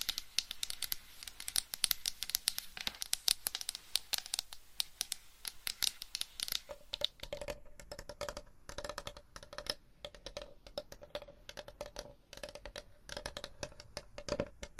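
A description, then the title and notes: Scratching and tapping sounds fill the clip, a dense run of sharp, crisp strokes with a bright, papery crinkle. Around the seven-second mark the texture shifts: the strokes grow softer and duller, and a faint steady tone hums underneath them until the end. ASMR for ADHD Changing Triggers Every 30 Seconds Scratching , Tapping , Massage & More (No Talking).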